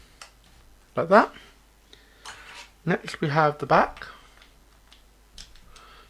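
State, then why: Seated. Someone talks while lining up the plastic back half of a replacement key fob shell for a Suzuki Wagon R with the front half. A few faint taps and handling sounds follow. The back half is pressed on and clicks into place at 5.4 s, seating the shell.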